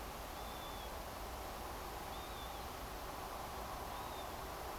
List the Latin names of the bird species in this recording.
Vanellus vanellus